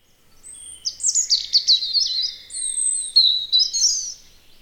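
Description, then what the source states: European robin song: a sweet, high warbling phrase of thin whistles, rapid trills and tumbling notes, rising and falling, with a brief pause mid-phrase; quiet background. Recorded in spring.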